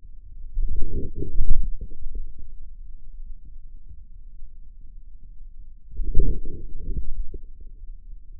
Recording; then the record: forearm muscle sounds (acoustic myography)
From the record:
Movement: inward rotation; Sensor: system 2, bracelet of six BSWA MPA416 microphones around the upper forearm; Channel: 6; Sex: male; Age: 22 years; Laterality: right